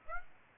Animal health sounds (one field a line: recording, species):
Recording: mosquito wingbeat signal from an infrared sensor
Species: Aedes aegypti